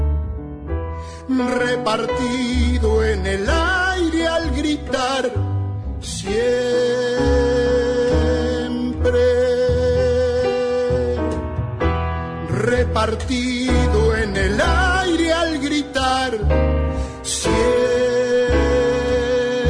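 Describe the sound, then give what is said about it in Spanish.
An Argentine zamba folk song plays, with a sustained sung vocal melody over full, steady instrumental accompaniment at a strong, even volume throughout. “Qué zambón, ¿no? Qué hermosa zamba.”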